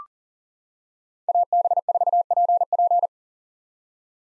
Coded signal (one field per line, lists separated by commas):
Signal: Morse code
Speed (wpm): 40 wpm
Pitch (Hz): 700 Hz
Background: none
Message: AB4PP